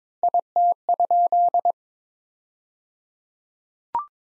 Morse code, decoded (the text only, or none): IT?